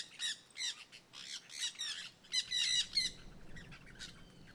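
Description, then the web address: Jandaya parakeet uttering a run of loud, rasping screeches, then quieter calls. Singing in the forest at Terra Ronca. "Jandaia verdadeira cantando na mata. terra ronca"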